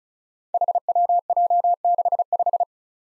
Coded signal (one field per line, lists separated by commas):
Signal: Morse code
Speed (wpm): 36 wpm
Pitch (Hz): 700 Hz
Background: none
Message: HWJ65